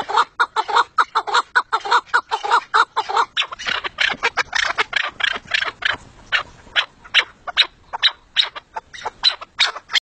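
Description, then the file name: Partridge producing a rapid, harsh chattering series that loosens into more spaced, scratchy notes in the second half. "perdiz"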